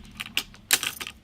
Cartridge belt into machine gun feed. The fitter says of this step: dosyć wyraźnie kliknięcie Wiemy już że pierwszy nabój został pobrany